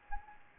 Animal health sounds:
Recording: mosquito wingbeat signal from an infrared sensor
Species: Anopheles arabiensis

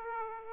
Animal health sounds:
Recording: mosquito wingbeat signal from an infrared sensor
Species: Aedes aegypti

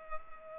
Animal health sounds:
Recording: mosquito wingbeat signal from an infrared sensor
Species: Culex pipiens

